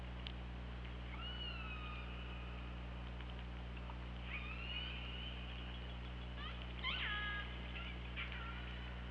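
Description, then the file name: Killer whale calls: two upswept harmonic calls that flatten out, then a louder burst of pulsed, stacked calls, over persistent low underwater hum. Recorded by hydrophone on 24 August 2017 at 21:22. "Orca Lab"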